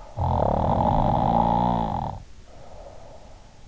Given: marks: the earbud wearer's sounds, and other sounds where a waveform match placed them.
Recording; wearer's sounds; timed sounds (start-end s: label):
sounds in sleep by an in-ear microphone; snoring breath
0.01-3.48 s: snoring breath